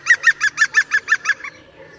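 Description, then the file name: European green woodpecker call, a fast series of about eight loud, even notes, the last one softer. "Dzięcioł zielony"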